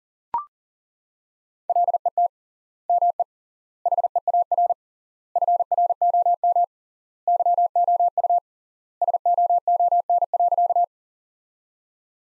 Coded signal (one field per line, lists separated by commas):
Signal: Morse code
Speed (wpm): 40 wpm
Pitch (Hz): 700 Hz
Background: none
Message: LET ME HEAR FROM YOU SOON.